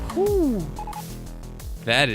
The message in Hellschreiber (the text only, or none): none